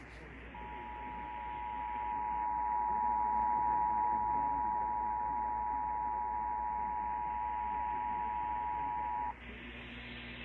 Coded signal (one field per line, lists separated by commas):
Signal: Emergency Alert System (SAME) tones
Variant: 853 and 960 Hz attention tone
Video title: EAS Alerts from December-Beginning of January...